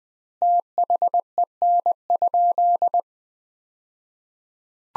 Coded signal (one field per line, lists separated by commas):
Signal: Morse code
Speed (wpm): 20 wpm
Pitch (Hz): 700 Hz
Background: none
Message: THEN?